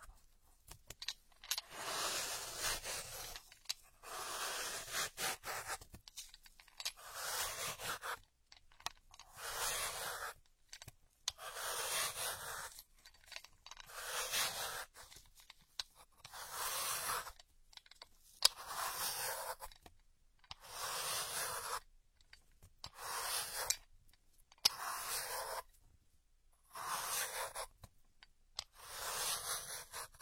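Ear picking: bursts of bright, scratchy rustling, each lasting a second or two, separated by brief silences. About a dozen strokes come at a steady, regular pace across the half minute, with a few small clicks and nothing else in the background.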